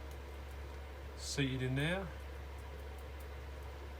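A new sun gear is handled at the rear differential of an Arrma Kraton EXB RC car, to be pushed down and wiggled until it slots in between the shims. Over a steady low hum, someone talks briefly. Nothing has seated or clicked yet.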